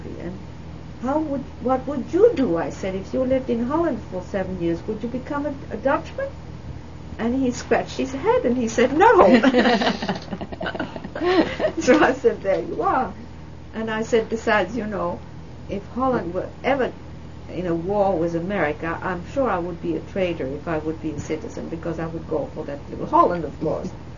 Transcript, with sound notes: And how would, what would you do," I said, "if you lived in Holland for seven years, would you become a Dutchman." And he scratched his head, and he said, "No." ( they laugh ) So I said, "There you are." And I said, "Besides, you know, if Holland were ever in a war with America I'm sure I would be a traitor if I would be a citizen, because I would go for Holland, of course."